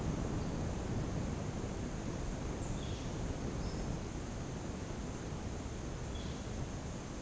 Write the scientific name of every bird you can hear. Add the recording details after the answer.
none. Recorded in dense forest near Puerto Asís, Putumayo, Colombia, on 20 February 2024 at 11:00. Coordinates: 0.486, -76.316. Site G6437